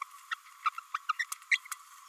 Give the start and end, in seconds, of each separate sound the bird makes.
0.31-0.34, 0.65-0.69, 0.94-0.98, 1.09-1.12, 1.19-1.25, 1.52-1.57